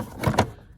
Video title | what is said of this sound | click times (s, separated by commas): How to Remove & Replace a Thermostat, Battery or Temperature Sensor Peugeot Citroën | pops into place so if you push it down down | 0.2 s, 0.4 s